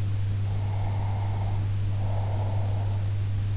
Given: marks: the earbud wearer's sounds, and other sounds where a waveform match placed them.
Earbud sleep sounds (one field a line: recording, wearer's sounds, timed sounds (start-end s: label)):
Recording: sounds in sleep by an in-ear microphone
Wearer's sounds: breath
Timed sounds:
0.53-3.01 s: breath